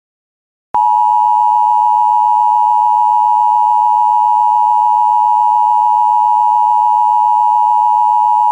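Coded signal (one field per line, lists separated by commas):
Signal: Emergency Alert System (SAME) tones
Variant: 853 and 960 Hz attention tone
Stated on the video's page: Fifteen stacked headers on WJON radio: severe thunderstorm warnings, watches, EAS tests and a tornado warning.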